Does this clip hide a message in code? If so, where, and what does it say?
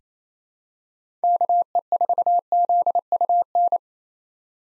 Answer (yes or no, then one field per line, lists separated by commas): yes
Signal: Morse code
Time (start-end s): 1.2-3.8 s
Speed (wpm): 28 wpm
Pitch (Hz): 700 Hz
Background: none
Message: KE4ZUN